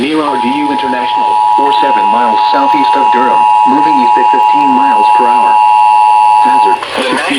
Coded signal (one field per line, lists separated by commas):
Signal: Emergency Alert System (SAME) tones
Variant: 853 and 960 Hz attention tone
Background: speech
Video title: Marginal Risk Chaos (EAS Alerts from 7/6/2026) (EAS #971-1026)